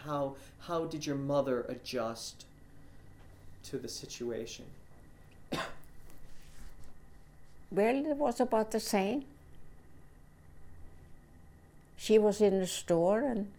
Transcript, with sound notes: How, how did your mother adjust to the situation?
(coughs off mike) Well, it was about the same. She was in the store and